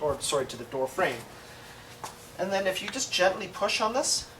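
A replacement rear power door lock actuator for a Honda Civic or Acura EL is lined up in the rear car door and gently pushed toward its mounting position while someone talks. A brief tap is heard at 2.1 s. Nothing has seated or clicked yet by the end of the clip.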